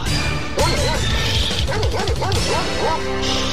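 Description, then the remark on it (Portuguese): A large Rottweiler barks in a rapid, excited series of deep, loud woofs with brief yelps mixed in, over a noisy, clattering background. “Super Rottweiler. O cachorro doido do Pará.”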